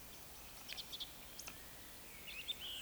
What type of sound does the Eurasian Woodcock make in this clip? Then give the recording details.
whistle, croak. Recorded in Baden-Württemberg, Germany, on 20 May 2021 at 19:28 UTC. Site 24606, 635 m above sea level